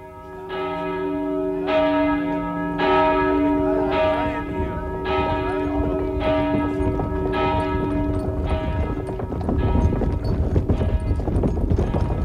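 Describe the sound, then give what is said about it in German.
Church bells peal in a steady series of resonant, harmonically rich strikes about once a second, while harnessed horses pulling away clip-clop underneath, growing louder and busier toward the end, in the village of Rajewo-Selo. “Als die Pferde sich ins Geschirr stemmten, begannen die Glocken zu läuten.”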